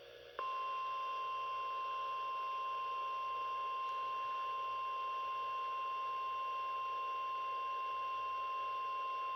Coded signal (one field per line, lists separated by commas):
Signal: Emergency Alert System (SAME) tones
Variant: 1050 Hz attention tone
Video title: EAS #10 NOAA Weather Radio Required Weekly Test 5/12/21 11:30 AM